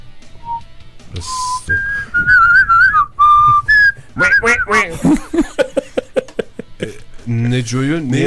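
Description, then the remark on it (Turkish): Someone whistles a bright, wavering tune from a whistled Eurovision song in a run of sustained, sliding notes, followed by a jumble of louder choppy voice-like sounds and speech. “O da ıslıklı bir şarkıydı ya.”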